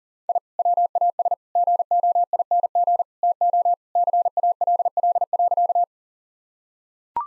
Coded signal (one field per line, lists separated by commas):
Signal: Morse code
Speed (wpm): 40 wpm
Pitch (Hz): 700 Hz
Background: none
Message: I WAS GOING TO CALL.